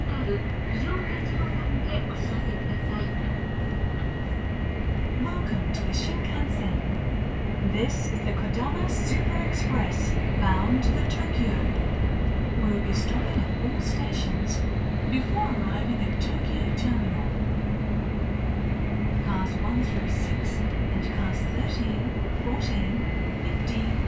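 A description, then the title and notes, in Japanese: A ride in an unreserved car of a Kodama train on the Tokaido Shinkansen, with a steady, dense low rumble that holds an even level throughout. A thin whine sits above it, while soft voices and scattered light clicks and rattles come and go. 東海道新幹線 名古屋→豊橋 こだま号自由席。14号車に乗車しました。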